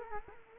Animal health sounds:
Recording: mosquito wingbeat signal from an infrared sensor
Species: Culex quinquefasciatus

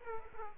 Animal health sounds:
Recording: mosquito wingbeat signal from an infrared sensor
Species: Aedes aegypti

